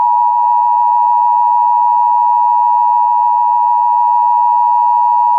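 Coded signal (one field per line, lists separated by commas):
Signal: Emergency Alert System (SAME) tones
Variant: 853 and 960 Hz attention tone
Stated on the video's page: Fictional EAS scenario.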